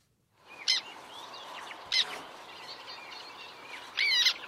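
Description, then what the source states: Black Tern squeaking calls: three sharp, squeaky notes at irregular intervals, with fainter calls in between. The squeaking call to listen for at a black tern site.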